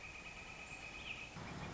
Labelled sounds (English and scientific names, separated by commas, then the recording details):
Northern Flicker (Colaptes auratus)
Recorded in Sonoma County, California